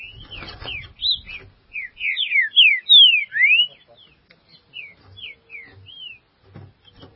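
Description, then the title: Green-winged Saltator song: a quick run of loud, clear whistled slurs, some rising and some falling, then softer spaced notes, with a few low thumps underneath. "Trinca Ferro"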